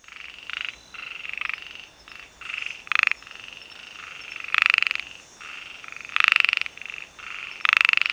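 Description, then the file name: Heymons' narrow-mouthed frog giving short rasping pulsed notes, the loudest every one and a half seconds or so, over a softer background chorus of similar frogs. "Microhyla heymonsi"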